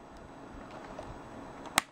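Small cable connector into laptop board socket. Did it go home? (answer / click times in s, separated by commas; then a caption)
yes / 1.8 s. A small internal wire connector is pushed into its socket on the board of an HP Pavilion DM4 laptop after a part is refitted. Faint handling noise leads to one sharp, bright snap at 1.8 s as the connector seats.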